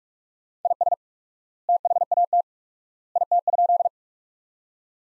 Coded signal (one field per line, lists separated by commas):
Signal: Morse code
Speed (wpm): 46 wpm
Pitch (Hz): 700 Hz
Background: none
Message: IS THAT IT?